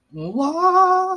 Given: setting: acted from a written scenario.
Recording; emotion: vocal sound without words; romantic love